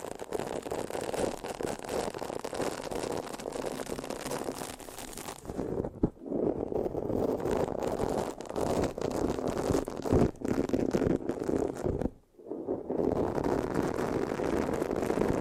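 Mic scratching fills the clip with a dense, steady rustle, strongest in the low and middle range with crackly detail above. Brief breaks cut in near 6 and 12 seconds, and sharp sticky pops and taps stand out around 10 and 12 seconds.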